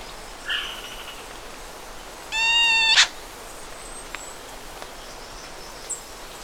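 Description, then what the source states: Strong-billed woodcreeper giving one nasal, drawn-out note rich in harmonics, lasting under a second, with a faint shorter note earlier and quiet background hiss. Recorded in South America.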